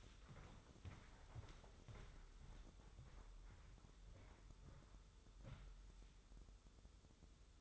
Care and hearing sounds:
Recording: daily activity, microphone in the room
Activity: walk to room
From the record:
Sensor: 3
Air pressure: 995.6 hPa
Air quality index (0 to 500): 85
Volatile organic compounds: 8 ppm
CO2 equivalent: 2080 ppm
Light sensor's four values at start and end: 27/82/34/30 and 27/82/34/30

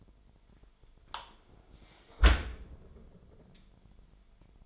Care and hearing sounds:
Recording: daily activity, microphone in the room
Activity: close dishwasher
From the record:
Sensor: 5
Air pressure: 998.4 hPa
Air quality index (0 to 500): 82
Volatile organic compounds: 1 ppm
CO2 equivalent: 927 ppm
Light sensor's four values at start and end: 21/50/21/23 and 21/50/21/23

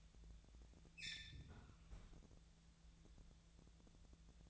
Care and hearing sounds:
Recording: daily activity, microphone in the room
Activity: close fridge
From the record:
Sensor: 3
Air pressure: 1000.1 hPa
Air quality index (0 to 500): 127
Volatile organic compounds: 2 ppm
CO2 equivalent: 1132 ppm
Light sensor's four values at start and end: 41/105/44/49 and 41/104/44/48

